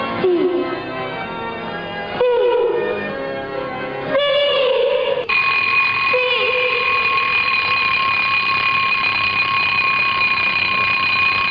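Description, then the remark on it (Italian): An alarm clock goes off, starting with a few seconds of shifting, warbling tones before settling into a loud, steady, high-pitched electronic ring that continues unbroken with no voices. “Ma sei tu che svegli la sveglia o la sveglia che sveglia te?”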